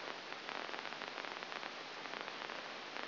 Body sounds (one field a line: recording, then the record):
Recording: brain microelectrode recording played as sound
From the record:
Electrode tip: inside the subthalamic nucleus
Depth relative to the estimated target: -3.5 mm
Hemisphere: right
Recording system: AlphaMap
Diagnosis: Parkinson's disease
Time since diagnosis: 11 years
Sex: female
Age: 60 years